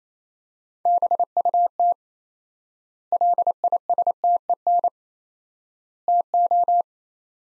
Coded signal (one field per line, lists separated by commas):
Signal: Morse code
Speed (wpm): 28 wpm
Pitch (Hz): 700 Hz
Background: none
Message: BUT LISTEN TO